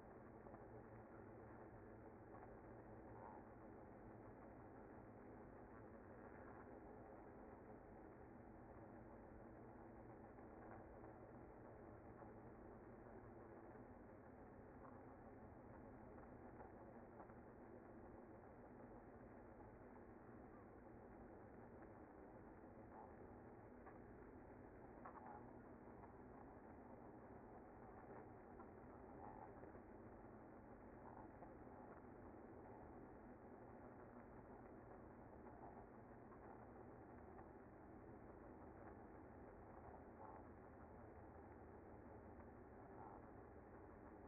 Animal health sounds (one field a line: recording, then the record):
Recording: honeybee colony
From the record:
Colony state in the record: active